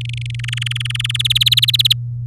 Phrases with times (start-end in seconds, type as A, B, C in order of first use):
0.01-0.36 A, 0.39-1.17 B, 1.19-1.93 C